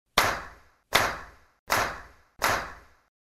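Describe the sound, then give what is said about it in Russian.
Four loud, sharp claps land in a steady, even rhythm, each one ringing out briefly before the next, with no voices in between. “И опять. 4 хлопка.”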